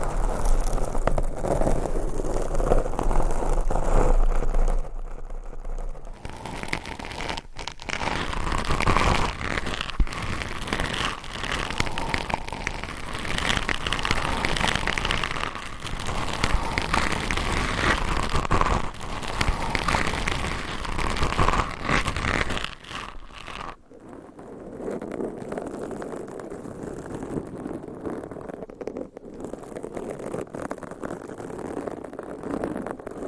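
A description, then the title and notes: Dense mic scratching with fingernails rasps steadily, heaviest from about six to twenty-three seconds, then softer, muffled rubbing continues to the end. ASMR Mic Scratching - Brain Scratching with 15 MICS No Talking for Sleep with Long Nails.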